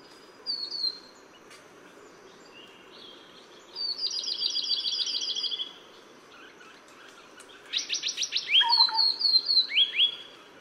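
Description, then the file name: Taiwan yellow tit calling: a brief high note, then a quick run of buzzy chattering notes, then a burst of sharp descending chips and thin whistles near the end. "黃山雀"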